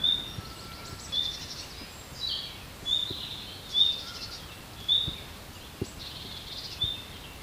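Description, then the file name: Common nightingale calls: short, high whistled notes repeated roughly once a second over a hissy background with faint clicks. "Luscinia megarhynchos"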